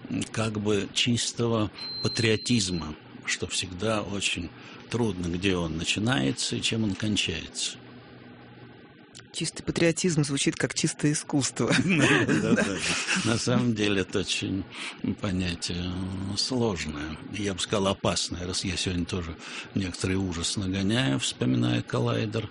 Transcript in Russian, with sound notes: как бы, чистого патриотизма, что всегда очень трудно – где он начинается, и чем он кончается.
Чистый патриотизм – звучит как «чистое искусство». (смеются)
Да, да, на самом деле, это очень понятие сложное, и я бы сказал, опасное – раз я сегодня тоже некоторый ужас нагоняю, вспоминая коллайдер…